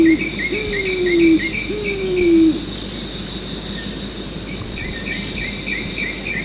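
Pigeon producing two smooth, descending coos at the start, with quieter high chirping notes during and after them and a constant high-pitched hum.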